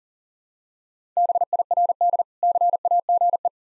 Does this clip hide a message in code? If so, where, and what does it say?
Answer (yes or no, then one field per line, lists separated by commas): yes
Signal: Morse code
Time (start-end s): 1.2-3.5 s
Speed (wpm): 37 wpm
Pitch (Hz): 700 Hz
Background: none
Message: BIRD CAGE